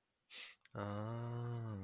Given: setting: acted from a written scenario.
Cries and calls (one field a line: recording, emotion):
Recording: vocal sound without words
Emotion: serenity